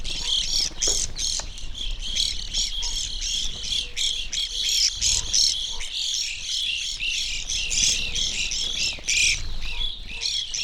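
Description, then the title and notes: Evening grosbeaks chattering nonstop, clipped high burry calls tumbling over each other, with occasional faint lower squeaks beneath. Flock feeding on sunflower seeds from a feeder hanging in a birch tree, backyard in McCloud, Siskiyou County, California; relatively warm winter morning; microphones placed on either side of the tree trunk. "I recorded this at my home in the small town of McCloud in Siskiyou County, California. It was a relatively warm winter morning, and a flock of Evening Grosbeaks was busily eating a breakfast of sunflower seeds from a feeder hanging from the branch of a birch tree in my backyard."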